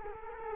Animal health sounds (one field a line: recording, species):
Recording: mosquito wingbeat signal from an infrared sensor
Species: Culex quinquefasciatus